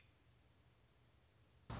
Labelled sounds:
American Robin (Turdus migratorius)
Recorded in Sonoma County, California

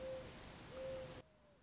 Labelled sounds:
Mourning Dove (Zenaida macroura)
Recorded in Sonoma County, California

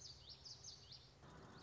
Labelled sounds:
Common Yellowthroat (Geothlypis trichas)
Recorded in Sonoma County, California

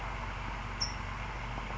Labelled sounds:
California Towhee (Melozone crissalis)
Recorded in Sonoma County, California

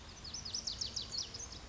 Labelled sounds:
Lazuli Bunting (Passerina amoena)
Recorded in Sonoma County, California

